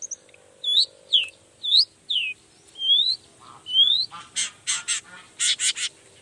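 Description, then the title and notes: Long-tailed shrike song: whistled slurs, then harsh, grating rasping notes in quick clusters. Vigorous ('gacor') morning singing with 'toet toet' sound variations; presented as making any other shrike immediately answer ('nyaut') and open up its repertoire ('buka materi'). "Langsung NYAUTTTTT ! Cendet Gacor Dor Di Kala Pagi Toet Toet Variasi Suara J. Nyaut Seketika.! Cendet Gacor Pagi Hari Biangnya Bikin Cendet Manapun Langsung On Nyaut Buka Materi. Burung cendet"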